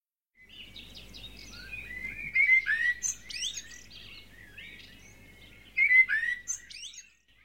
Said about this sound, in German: Die Vögel singen. Endlich ist der Frühling da.